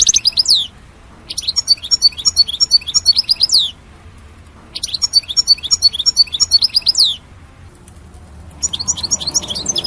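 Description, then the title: European goldfinch singing bright twittering phrases of quick chirps and trills, four bursts separated by pauses of up to about one and a half seconds, with a faint low hum beneath. "Chant Chardonneret"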